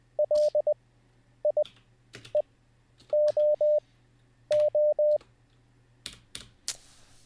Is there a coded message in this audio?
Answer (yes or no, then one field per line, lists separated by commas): yes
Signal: Morse code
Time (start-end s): 0.2-5.2 s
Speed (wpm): 20 wpm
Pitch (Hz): 600 Hz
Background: none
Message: LIEOO